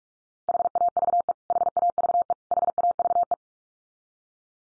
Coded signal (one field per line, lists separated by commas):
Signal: Morse code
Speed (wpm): 44 wpm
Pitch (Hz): 700 Hz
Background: none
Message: HAVE HAVE HAVE